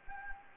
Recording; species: mosquito wingbeat signal from an infrared sensor; Anopheles gambiae